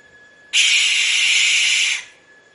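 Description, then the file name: Barn owl screech: a single harsh, hissing shriek held steadily for about one and a half seconds, then cut off. "canto da coruja de celeiro"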